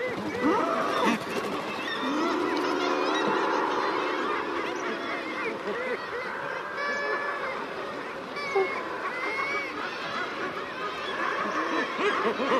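Common murres calling in a dense colony chorus, overlapping low growling moans merging into a continuous roar, with higher cries of other seabirds above.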